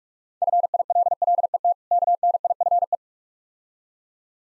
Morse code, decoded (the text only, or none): FILLET KNIFE